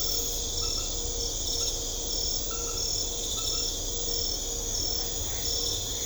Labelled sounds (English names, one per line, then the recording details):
none
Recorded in secondary vegetation near Puerto Asís, Putumayo, Colombia, on 21 December 2024 at 22:00
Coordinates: 0.500, -76.326
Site G065